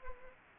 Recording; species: mosquito wingbeat signal from an infrared sensor; Anopheles gambiae